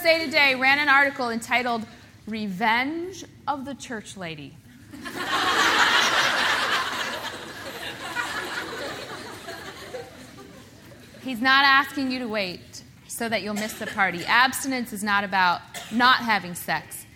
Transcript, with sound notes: Today ran an article entitled “Revenge of the Church Lady.” (Laughter) He’s not asking you to wait so you’ll miss the party. Abstinence is not about not having sex.